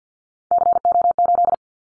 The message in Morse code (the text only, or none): CO8